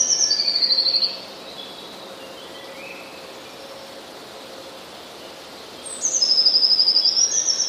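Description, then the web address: Eurasian blue tit singing a high introductory note and rapid trill, a long quiet gap, then the same high note and trill phrase repeated. "wroblowe teka spiew. modraszkoteka"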